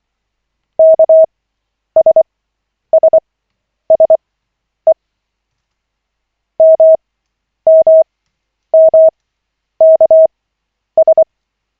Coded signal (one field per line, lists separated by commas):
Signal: Morse code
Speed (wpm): 24 wpm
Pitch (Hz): 640 Hz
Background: none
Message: KSSSE MMMKS